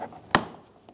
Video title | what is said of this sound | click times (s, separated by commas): How to Replace Front Exterior Door Handle Reinforcements 2000-2007 Ford Focus | swivel down and click into place | 0.3 s